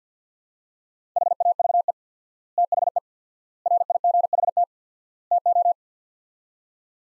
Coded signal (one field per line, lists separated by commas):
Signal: Morse code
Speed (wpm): 50 wpm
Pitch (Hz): 700 Hz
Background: none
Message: HAVE THE RIGHT TO